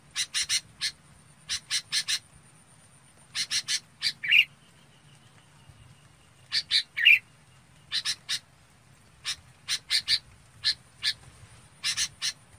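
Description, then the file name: Red-whiskered bulbul calls: sharp chirps in pairs and short bursts at irregular intervals, with two brief clear whistles midway and a low background hum. Bird calling the flock. "Tieng chao mao bong goi bay"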